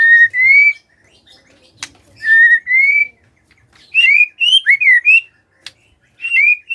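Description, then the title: White-rumped shama song: loud clear whistles sliding upward, repeated in short bursts with pauses and a sharp click between phrases. Lure to prompt lazy white-rumped shamas to sing. "PANCINGAN MURAI BATU. SIULAN MURAI BATU❗ PANCINGAN MURAI MALAS AGAR BUNYI❗❗"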